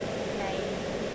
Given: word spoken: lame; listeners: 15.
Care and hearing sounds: one English word in noise, from a listening test; speech-shaped noise; -6.5 dB; 0 of 15; 10 of 15; 0.75 s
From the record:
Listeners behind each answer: 10, 2, 2, 1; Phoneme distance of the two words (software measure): 10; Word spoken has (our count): 1 syllable, 3 phonemes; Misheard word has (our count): 1 syllable, 3 phonemes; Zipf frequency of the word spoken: 3.51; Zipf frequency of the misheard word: 5.61

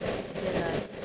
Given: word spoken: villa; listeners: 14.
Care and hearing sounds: one English word in noise, from a listening test; noise modulated by three-talker babble; -4.8 dB; 1 of 14; 8 of 14; 0.65 s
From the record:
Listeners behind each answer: 8, 1, 1, 1, 1, 1, 1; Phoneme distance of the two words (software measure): 20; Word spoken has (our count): 2 syllables, 4 phonemes, stress on syllable 1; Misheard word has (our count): 2 syllables, 4 phonemes, stress on syllable 1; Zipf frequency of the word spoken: 4.05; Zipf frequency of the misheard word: 4.77

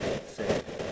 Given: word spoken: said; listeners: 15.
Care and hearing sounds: one English word in noise, from a listening test; noise modulated by three-talker babble; -7.9 dB; 1 of 15; 6 of 15; 0.52 s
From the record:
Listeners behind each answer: 6, 2, 1, 1, 1, 1, 1, 1, 1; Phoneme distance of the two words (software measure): 20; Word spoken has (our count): 1 syllable, 3 phonemes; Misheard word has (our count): 1 syllable, 3 phonemes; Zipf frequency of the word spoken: 6.05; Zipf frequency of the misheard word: 5.10

